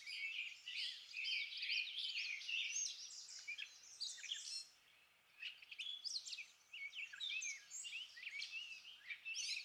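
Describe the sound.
Rose-breasted grosbeak singing a long, nearly continuous warble of rich, quick notes, pausing briefly midway before resuming.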